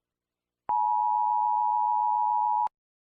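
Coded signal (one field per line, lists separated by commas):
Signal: Emergency Alert System (SAME) tones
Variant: 853 and 960 Hz attention tone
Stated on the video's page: Fictional EAS scenario based on Helluva Boss.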